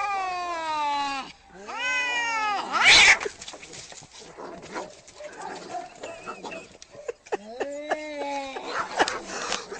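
Domestic cat giving two drawn-out, wavering angry yowls, then a sharp hissing burst, a stretch of quieter rustling, and another yowl near the end.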